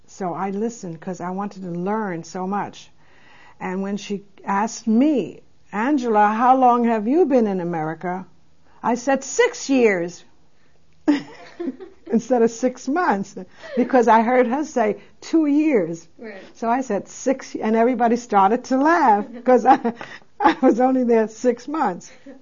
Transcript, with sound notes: So I listened 'cause I wanted to learn so much and when she asked me, "Angela, how long have you been in America?" I said, "Six years,." (they laugh) instead of six months, because I heard her say two years, so I said six years and everybody started to laugh, 'cause I was only there six months.